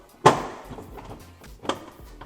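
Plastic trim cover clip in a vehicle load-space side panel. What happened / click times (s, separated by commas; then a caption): The trim clip popped free / 0.3 s. The lower clip of a snap-in plastic trim cover on a Defender load-space side panel is wiggled out by hand, giving a sharp pop at 0.3 s followed by smaller clatter, with further light knocks near 1.7 s and 2.2 s. The clip pops free and the cover is released.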